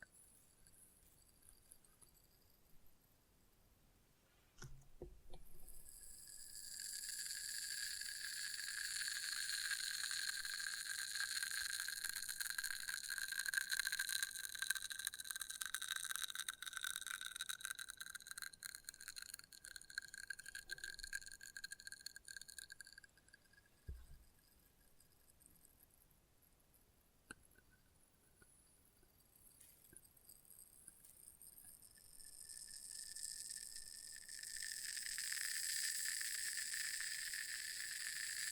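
Test tube triggers: a bright, ringing whine with several stacked high pitches swells in at about 5 seconds and holds, wavering slightly, until around 23 seconds. A quieter stretch with a few sharp taps follows before the ringing returns near 32 seconds.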